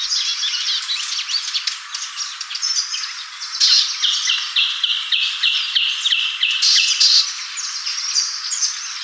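Bird calls: a dense stream of high chirps and short stepped notes tumbling over one another.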